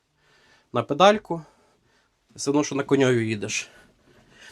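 Someone talks inside the cab of a EURO FENG 554 LUX tractor while the tilting steering column is adjusted by pressing the release pedal. Only speech is heard, with no knock. The steering column tilt lock has not seated or clicked yet.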